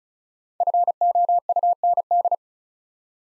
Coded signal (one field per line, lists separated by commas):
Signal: Morse code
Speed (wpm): 36 wpm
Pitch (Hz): 700 Hz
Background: none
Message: FOUND